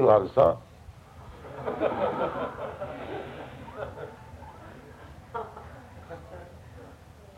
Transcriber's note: laughter